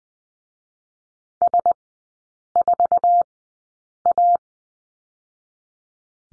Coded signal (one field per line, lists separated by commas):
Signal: Morse code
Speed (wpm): 20 wpm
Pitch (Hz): 700 Hz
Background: none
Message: S 4 A